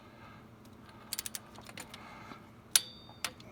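A click-type torque wrench tightens a spark plug thread insert into the aluminum cylinder head of a Ford Triton 5.4, repairing a spark plug blowout. A few light ticks are heard around 1.1–1.4 s, then the wrench gives a sharp click at 2.8 s, followed by a second, softer sharp sound at 3.3 s. The wrench clicks at its setting of 17, confirming the insert is torqued.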